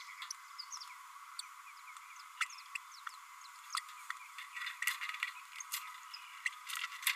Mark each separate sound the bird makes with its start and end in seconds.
2.40-2.46, 6.45-6.50